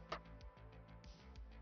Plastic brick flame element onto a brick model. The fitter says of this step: Snaps right in like so.